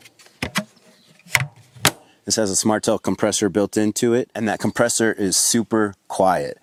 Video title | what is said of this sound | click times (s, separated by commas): SetPower DT45 - Is This The Best, Most Affordable Fridge/Freezer? | You can hear a nice click when that shuts so that you know that it's completely shut and you're not going to lose any cold air. | 1.4 s, 1.9 s